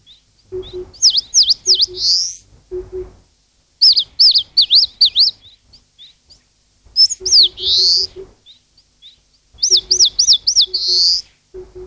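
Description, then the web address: Eastern crowned warbler song in four phrases, each a fast string of high zigzag notes, most ending in a buzzy slur, with low doubled hoots from another bird between them. "sikioto. sendaimushikui"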